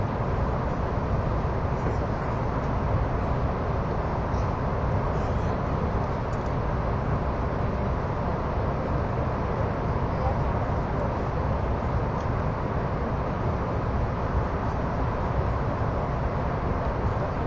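A steady, dense rumble of a train running on the line from Arth-Goldau toward Bellinzona, heavy in the low end with a constant rushing hiss above. The level barely changes throughout, with only faint small clicks and rattles now and then.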